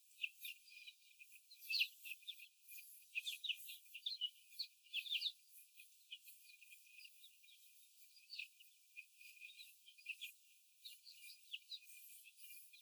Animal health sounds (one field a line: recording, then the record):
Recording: young laying hens in a cage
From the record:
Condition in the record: before the stressor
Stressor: simulated dog barking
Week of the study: 4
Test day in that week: 1